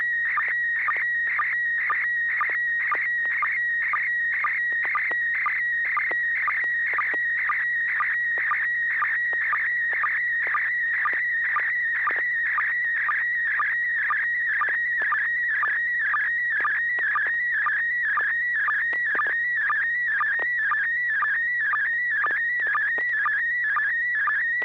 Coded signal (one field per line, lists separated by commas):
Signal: SSTV (slow-scan television)